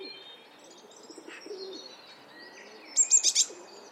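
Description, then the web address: Eurasian blue tit song: a brief high phrase of quick buzzy pulses near the end, after faint chirps and low dove cooing. "cianscape. Deverinetal"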